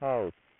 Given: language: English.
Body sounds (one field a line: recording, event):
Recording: throat vibration sensor signal played as sound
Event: speech